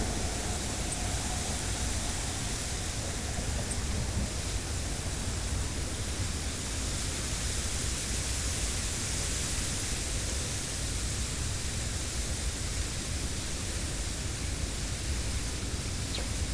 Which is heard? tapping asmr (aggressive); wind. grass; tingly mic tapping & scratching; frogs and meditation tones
wind. grass